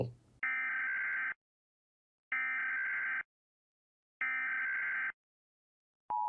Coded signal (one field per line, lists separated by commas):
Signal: Emergency Alert System (SAME) tones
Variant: header bursts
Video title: The Broken Masquerade - SCP EAS SCENARIO